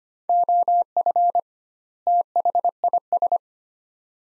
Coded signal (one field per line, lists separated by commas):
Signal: Morse code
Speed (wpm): 25 wpm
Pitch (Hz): 700 Hz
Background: none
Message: OF THIS